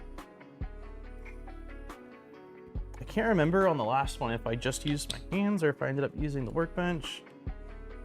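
A tight-fitting 3D-printed plastic driveline part for an RC truck axle assembly is handled and pressed by hand. Someone talks over background music, with a few faint short ticks. Nothing has seated or clicked into place yet.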